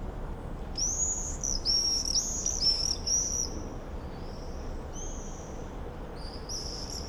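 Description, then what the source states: Common swift screams, shrill high trills in a burst of several overlapping calls, then fainter scattered screams toward the end. Summer evening in a backyard in Bytom, Poland; many swifts circling; recorded with Zoom F4 and AT BP4025.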